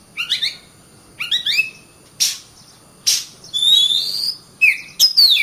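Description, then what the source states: Oriental magpie-robin singing short rising whistled phrases broken by harsh noisy bursts, ending with clear slurred whistles and more scratchy notes. Kacer master recording.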